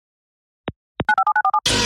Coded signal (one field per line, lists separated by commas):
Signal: DTMF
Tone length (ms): 90 ms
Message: 957947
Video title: EAS Mock (Requested): "Did they predict this to happen or something?" [Civil Emergency Message]